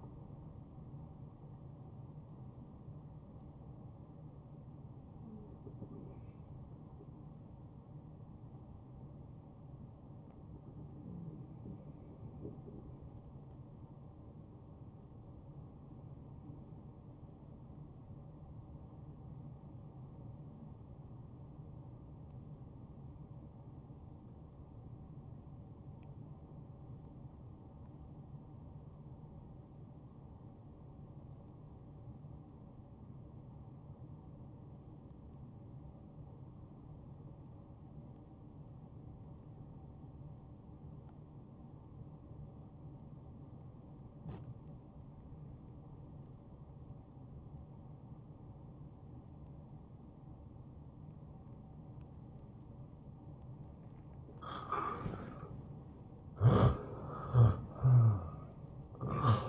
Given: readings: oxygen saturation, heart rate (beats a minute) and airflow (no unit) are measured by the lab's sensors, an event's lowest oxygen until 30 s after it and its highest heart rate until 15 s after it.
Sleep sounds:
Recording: breathing in sleep by a smartphone at the bedside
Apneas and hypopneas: 1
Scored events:
9.00-54.50 s: hypopnea (N1, oxygen 96% highest, then 86% lowest, heart rate 70 at the start, 75 highest)
From the record:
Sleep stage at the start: N1 (lightest sleep)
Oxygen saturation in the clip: 80 to 96%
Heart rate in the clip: 61 to 86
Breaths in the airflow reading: 14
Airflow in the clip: -11.6 to 5.8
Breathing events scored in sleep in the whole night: 263 in 5.5 hours asleep

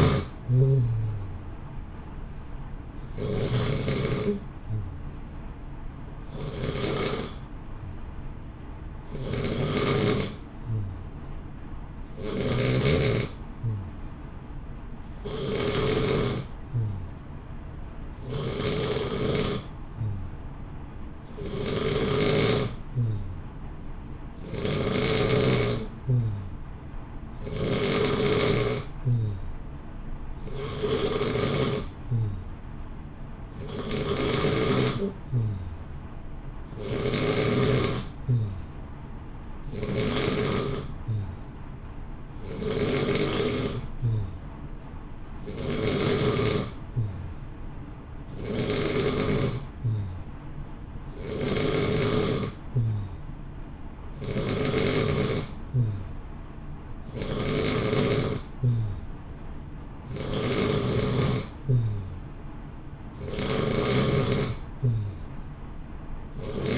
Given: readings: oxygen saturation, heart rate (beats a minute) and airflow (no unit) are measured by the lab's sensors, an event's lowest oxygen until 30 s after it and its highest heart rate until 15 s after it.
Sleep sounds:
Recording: breathing in sleep by a smartphone at the bedside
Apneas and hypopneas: 1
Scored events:
27.00-66.78 s: new sleep stage, N2 (light sleep)
32.00-48.20 s: hypopnea (N2, oxygen 92% highest, then 89% lowest, heart rate 59 at the start, 64 highest)
From the record:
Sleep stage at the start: N3 (deep sleep)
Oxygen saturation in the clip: 89 to 92%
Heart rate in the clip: 58 to 64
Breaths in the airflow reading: 22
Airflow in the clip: -0.8 to 0.8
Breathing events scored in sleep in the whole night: 328 in 6.3 hours asleep

